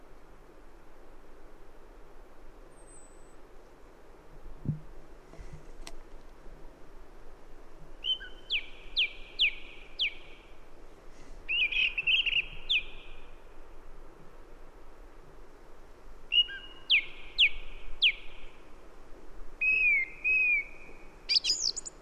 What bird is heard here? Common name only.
Song Thrush